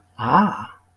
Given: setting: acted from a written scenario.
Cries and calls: vocal sound without words; interest

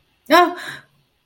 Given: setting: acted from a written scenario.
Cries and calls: vocal sound without words; distress

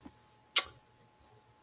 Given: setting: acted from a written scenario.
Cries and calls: vocal sound without words; disappointment

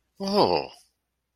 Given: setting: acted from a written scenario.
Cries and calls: vocal sound without words; interest

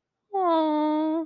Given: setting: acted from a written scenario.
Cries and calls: vocal sound without words; adoration

